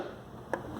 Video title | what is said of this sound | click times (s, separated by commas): QUICK FIX: Ford Focus (Mk3) Ignition Switch Relay Troubleshooting & Change | Press really good until you hear a click. | 0.5 s